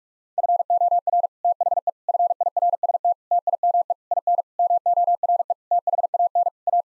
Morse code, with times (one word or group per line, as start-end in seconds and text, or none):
0.4-1.3 FOR
1.4-1.9 THE
2.1-3.1 FIRST
3.3-3.9 TIME
4.1-4.4 IN
4.6-5.5 MORE
5.7-6.5 THAN
6.7-6.8 A